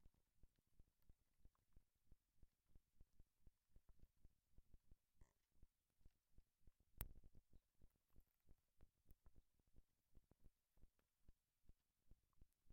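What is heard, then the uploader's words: A contact microphone frozen in melting ice picks up a steady run of soft, low ticks and pops, several per second at an irregular pace. Just after the seven-second mark a sharper, brighter crack stands out, followed by a brief cluster of louder pops before the quiet ticking resumes. This is a quiet recording of a contact microphone frozen in melting ice. Freeze contact microphone/hydrophone in ice (soup can filled with water). Signal: Cold Gold small hydrophone/coated contact mic -> Aquarian Audio buffer amp -> Sound Devices MixPre-3.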